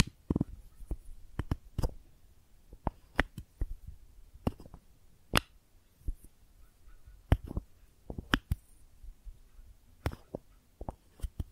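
Makeup items are tapped and scratched in quick, irregular bursts of sharp clicks and taps, some single and some in rapid clusters. The hits are crisp and bright, with soft rustling and scraping between them over a quiet background throughout.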